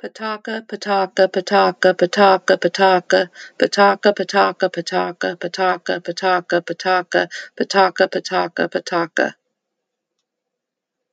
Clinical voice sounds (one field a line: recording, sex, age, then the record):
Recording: repeated syllables /pa ta ka/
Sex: female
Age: 50 to 59 years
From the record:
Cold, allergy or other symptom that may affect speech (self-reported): no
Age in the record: 59 years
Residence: Kentucky, United States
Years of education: 12